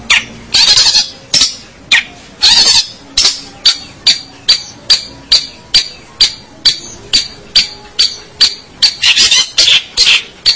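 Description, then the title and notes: Long-tailed shrike song: harsh, scratchy high notes repeated in a fast, unevenly spaced series. "Pentet 201703. Suara burung pentet"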